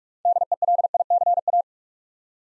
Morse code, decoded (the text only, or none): DELICA